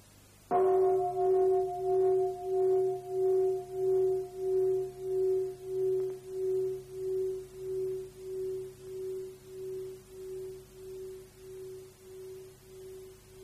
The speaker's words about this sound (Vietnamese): Chúng ta nghe tiếng chuông nhỏ để chúng ta tháo chân ra và chúng ta xoa bóp.